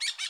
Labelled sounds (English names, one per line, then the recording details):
Brown-throated Parakeet contact call
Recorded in Bonaire
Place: 1 km N of power plant, rd to Republiek
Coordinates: 12.184, -68.285